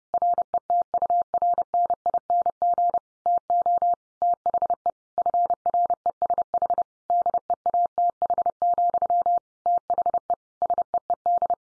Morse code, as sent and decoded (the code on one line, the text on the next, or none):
.-. . - ..- .-. -. .. -. --. / - --- / - .... . / ..-. .-. . ... .... / -.. . .- - .... --..-- / - .... . / ... . . -..
RETURNING TO THE FRESH DEATH, THE SEED